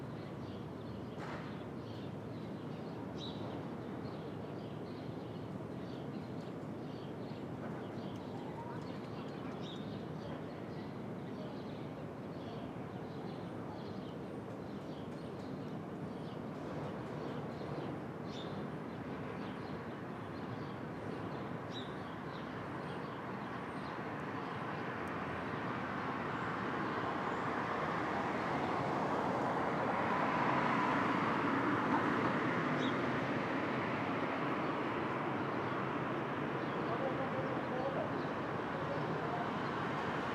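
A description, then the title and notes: Street traffic at dawn fills the scene with a steady, dense roar of passing vehicles, low and continuous. After about 25 seconds the sound swells, brightening the rumble. Faint bird chirps and brief clicks sit in the background. Brooklyn Dawn. Street Traffic.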